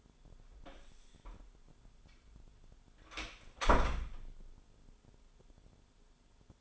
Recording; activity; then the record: daily activity, microphone in the room; close door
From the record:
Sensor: 5